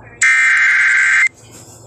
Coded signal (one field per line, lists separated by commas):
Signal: Emergency Alert System (SAME) tones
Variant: header bursts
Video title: EAS #83 Special Marine Warning on KALT-FM